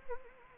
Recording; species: mosquito wingbeat signal from an infrared sensor; Anopheles arabiensis